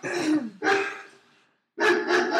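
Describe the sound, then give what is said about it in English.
A person imitates a dog with a few loud, rough, throaty barks, two back to back, a brief pause, then another gruff burst. “Listen, I'm barking at you.”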